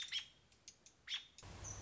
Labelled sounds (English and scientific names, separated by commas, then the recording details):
American Robin (Turdus migratorius)
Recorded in Sonoma County, California